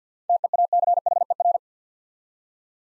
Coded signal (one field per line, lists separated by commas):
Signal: Morse code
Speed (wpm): 52 wpm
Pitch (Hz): 700 Hz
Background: none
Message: TEACHER